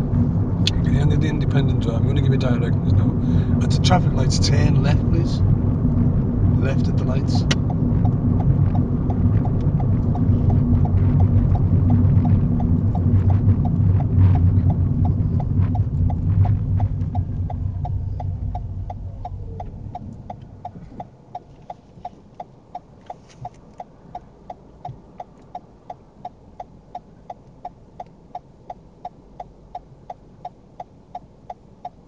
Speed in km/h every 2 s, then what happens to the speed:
44, 44, 42, 42, 39, 35, 27, 15, 6, 0, 0, 0, 0, 0, 0, 0.
0-7 steady at about 42. 7-17 brakes to 0. 17-32 standing.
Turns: none.